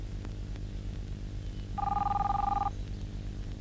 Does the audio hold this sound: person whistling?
no